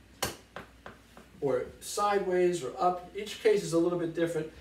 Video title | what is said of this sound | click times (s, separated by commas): Trombone Assembly Part 2 | Those latches need to snap in place or | 0.2 s, 0.6 s